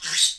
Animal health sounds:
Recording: pig call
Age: piglet (1 to 25 days)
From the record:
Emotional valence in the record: negative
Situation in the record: crushing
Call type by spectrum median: high-frequency call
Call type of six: high-frequency stable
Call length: 0.38 s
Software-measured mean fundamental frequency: 307 Hz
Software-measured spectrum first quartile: 3714 Hz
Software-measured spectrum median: 5038 Hz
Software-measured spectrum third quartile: 7241 Hz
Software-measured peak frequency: 3776 Hz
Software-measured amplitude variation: 143 dB a second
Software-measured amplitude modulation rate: 9.2 a second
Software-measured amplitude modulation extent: 15.6 dB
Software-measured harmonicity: 1.2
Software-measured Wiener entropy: -1.87

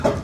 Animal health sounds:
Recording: pig call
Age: growing-finishing pig (85 days or more)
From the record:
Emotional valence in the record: positive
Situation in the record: run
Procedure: transit

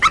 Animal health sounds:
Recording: pig call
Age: piglet (1 to 25 days)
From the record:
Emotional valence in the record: positive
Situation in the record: after nursing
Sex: male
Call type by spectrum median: low-frequency call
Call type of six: high-frequency stable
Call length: 0.11 s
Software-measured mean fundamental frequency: 258 Hz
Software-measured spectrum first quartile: 1238 Hz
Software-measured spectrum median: 1698 Hz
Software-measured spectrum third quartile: 2434 Hz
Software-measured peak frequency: 1302 Hz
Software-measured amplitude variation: 165 dB a second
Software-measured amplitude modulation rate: 4.4 a second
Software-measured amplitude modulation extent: 37.3 dB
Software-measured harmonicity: 9.0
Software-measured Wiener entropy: -2.28

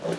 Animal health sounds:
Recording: pig call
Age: piglet (1 to 25 days)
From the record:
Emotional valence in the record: positive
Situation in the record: huddling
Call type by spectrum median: low-frequency call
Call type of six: low-frequency stable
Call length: 0.19 s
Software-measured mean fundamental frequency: 58 Hz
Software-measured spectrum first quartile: 336 Hz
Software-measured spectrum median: 538 Hz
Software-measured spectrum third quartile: 1106 Hz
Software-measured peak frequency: 386 Hz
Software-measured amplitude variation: 179 dB a second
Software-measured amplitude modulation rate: 13.3 a second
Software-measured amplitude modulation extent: 13.4 dB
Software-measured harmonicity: 2.9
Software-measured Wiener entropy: -0.84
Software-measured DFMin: 848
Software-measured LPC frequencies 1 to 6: 520, 1489, 3033, 4423, 5625, 7310 Hz

